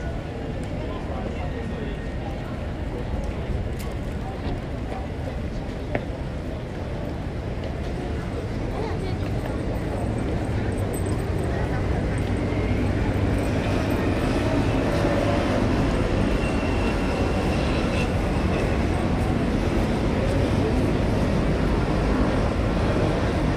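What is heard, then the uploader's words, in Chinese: Ambience at Hsinchu railway station: a dense, steady rumble with a murmur of voices throughout. After about twelve seconds the noise swells slightly louder, and a faint high whine, perhaps from a train, drifts in around fifteen to twenty seconds. S4新竹火車站EP2路口。機械。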